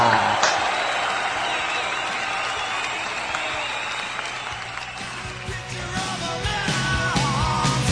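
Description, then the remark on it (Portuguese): A sustained round of applause, dense crackling clapping that stays loud and steady throughout, with scattered cheers and shouts from the crowd mixed in. “Uma salva de palmas para o Endzone e para a equipe dos Endzoners.”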